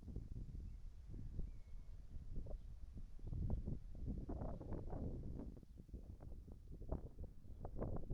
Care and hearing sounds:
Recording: everyday scene through a hearing-aid microphone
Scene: wind on the microphone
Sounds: wind, whistling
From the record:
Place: in front of a rural house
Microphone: behind the ear, right, rear

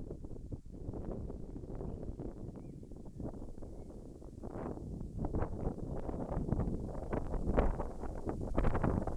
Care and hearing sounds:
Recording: everyday scene through a hearing-aid microphone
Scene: wind on the microphone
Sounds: wind, birds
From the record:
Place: in front of a rural house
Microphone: behind the ear, left, front

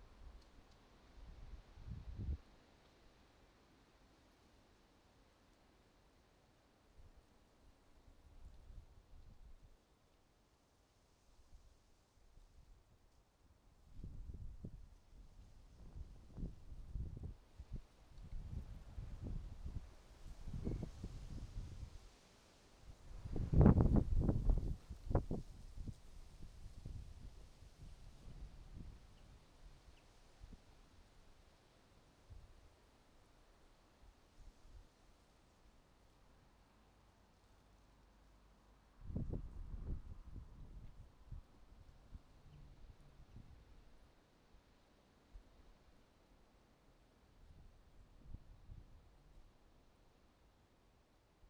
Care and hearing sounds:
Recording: everyday scene through a hearing-aid microphone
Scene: wind on the microphone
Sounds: wind, traffic, birds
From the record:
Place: suburban garden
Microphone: in the ear canal, right

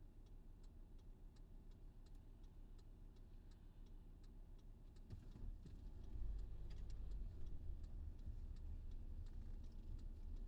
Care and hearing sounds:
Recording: everyday scene through a hearing-aid microphone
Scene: in a vehicle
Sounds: engine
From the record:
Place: VW T5 Caravelle, diesel engine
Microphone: in the ear canal, left

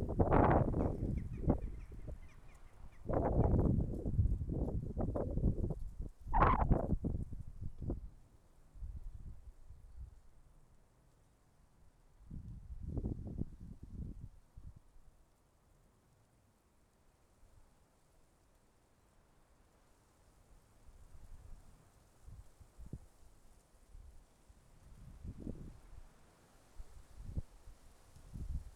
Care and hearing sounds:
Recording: everyday scene through a hearing-aid microphone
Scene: wind on the microphone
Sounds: wind, traffic, birds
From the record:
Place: suburban garden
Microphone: behind the ear, left, rear

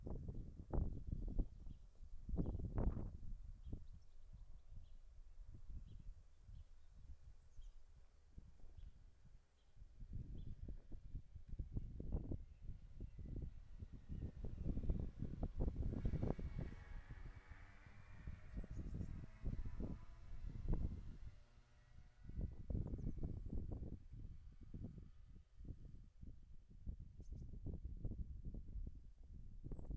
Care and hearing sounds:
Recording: everyday scene through a hearing-aid microphone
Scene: wind on the microphone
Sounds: wind, vehicle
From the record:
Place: in front of a rural house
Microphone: behind the ear, left, rear

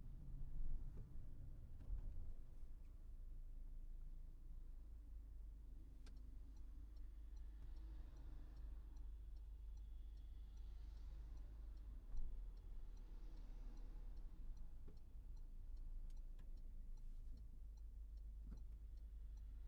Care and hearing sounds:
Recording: everyday scene through a hearing-aid microphone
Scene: in a vehicle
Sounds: engine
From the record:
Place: Berlingo II, diesel engine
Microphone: behind the ear, right, front

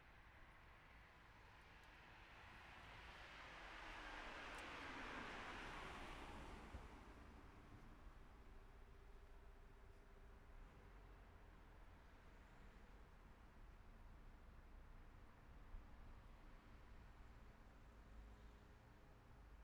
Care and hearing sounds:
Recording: everyday scene through a hearing-aid microphone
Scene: in traffic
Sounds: traffic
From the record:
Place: city secondary road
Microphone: behind the ear, left, rear

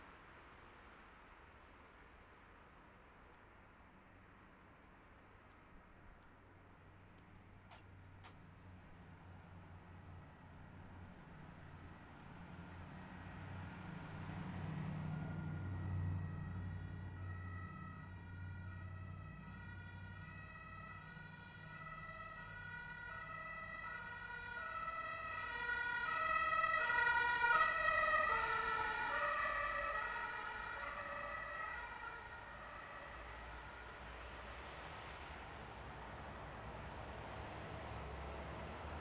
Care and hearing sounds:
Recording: everyday scene through a hearing-aid microphone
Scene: in traffic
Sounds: traffic, siren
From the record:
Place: bus stop on a city main road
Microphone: behind the ear, left, front

